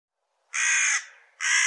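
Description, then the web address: Bird giving harsh, raspy caws, two broad cawing notes in quick succession with silence before. "cianscape birddata Deverinetal Bird"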